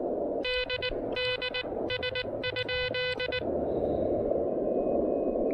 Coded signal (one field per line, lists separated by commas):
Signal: Morse code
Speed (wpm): 19 wpm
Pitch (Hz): 2500 Hz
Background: none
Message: DDS?